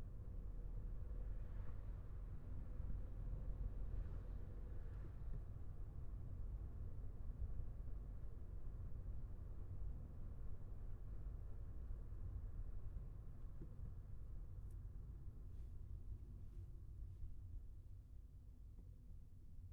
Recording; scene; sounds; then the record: everyday scene through a hearing-aid microphone; in a vehicle; engine, traffic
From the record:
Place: Skoda Fabia, gasoline engine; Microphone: behind the ear, left, rear